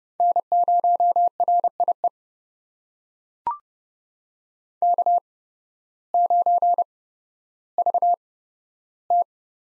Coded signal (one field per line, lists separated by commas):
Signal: Morse code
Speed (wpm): 30 wpm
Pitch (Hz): 700 Hz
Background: none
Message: N0RIE K9VT